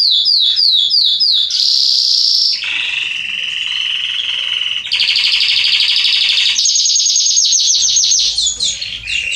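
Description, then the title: Belgian canary song opening with repeated descending chirps, then a high rolling trill, a lower buzzy tour, and fast trills shifting pitch in steps. Male Belgian canary singing a lot, to train and warm up young canaries. "Canary Training Esquente Seu Filhote E Canario Belga Em 30 Minutos Macho Cantando Muito. CANTO DO CANRIO"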